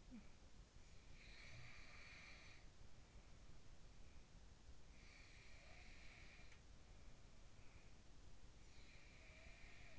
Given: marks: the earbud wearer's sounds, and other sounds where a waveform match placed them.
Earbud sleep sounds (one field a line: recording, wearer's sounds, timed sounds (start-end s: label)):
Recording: sounds in sleep by an in-ear microphone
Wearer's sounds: talking in sleep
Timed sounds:
0.00-0.53 s: talking in sleep
1.14-4.28 s: sound from someone else or the room
4.94-7.94 s: sound from someone else or the room
8.66-9.99 s: sound from someone else or the room